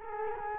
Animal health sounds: mosquito wingbeat signal from an infrared sensor; Culex quinquefasciatus

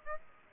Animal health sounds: mosquito wingbeat signal from an infrared sensor; Aedes aegypti

